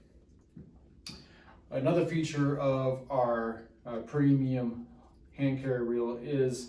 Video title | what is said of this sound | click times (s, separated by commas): Tucker® 150 Hand Carry Reel | pull this up and lock into place, and it will not unspool any further. | 1.1 s